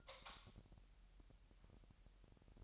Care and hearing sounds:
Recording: daily activity, microphone in the room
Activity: light off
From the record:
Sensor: 3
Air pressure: 1001.9 hPa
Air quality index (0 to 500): 243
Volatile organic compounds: 45 ppm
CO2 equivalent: 3222 ppm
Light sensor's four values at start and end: 11/31/13/12 and 6/14/5/6

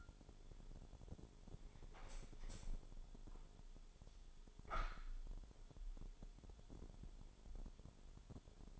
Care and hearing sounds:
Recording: daily activity, microphone in the room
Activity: open window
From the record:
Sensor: 5

